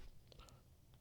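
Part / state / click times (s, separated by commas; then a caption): keyboard cover onto tablet bottom connector / not seated / none. The keyboard half of a book cover for a Samsung Galaxy Tab S8 Ultra is handled near the tablet's bottom edge, where it attaches to the magnetic pogo connector. Light taps and small clatters sound at about 0.3, 0.4 and 0.5 s over a low steady rumble. Nothing has seated or clicked yet.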